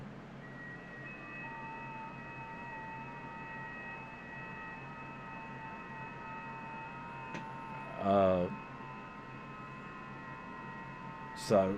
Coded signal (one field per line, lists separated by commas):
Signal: FT8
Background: speech